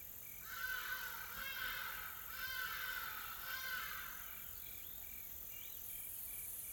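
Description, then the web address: Insects calling, a steady high hiss with loud buzzy pulses swelling about once a second, plus a few short chirps near the end. Calm tropical forest ambience in South Africa with soft insects calling. "Sonniss com - GDC 2020-Game Audio Bundle Smart Sound FX - Nature South Africa AMBIENCE Additional Tropical Forest Soft Insects Calm"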